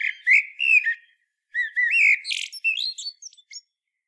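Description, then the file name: Common blackbird singing a continuous run of rich, fluty warbled notes broken by a brief pause, then rising into thin, high-pitched chattering twitters. "chant merle noir"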